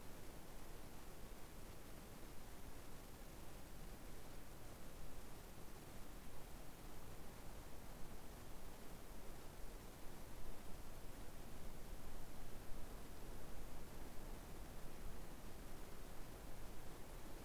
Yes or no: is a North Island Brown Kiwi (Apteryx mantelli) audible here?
no